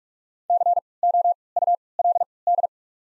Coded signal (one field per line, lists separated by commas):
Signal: Morse code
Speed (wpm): 46 wpm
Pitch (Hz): 700 Hz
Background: none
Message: C O U L D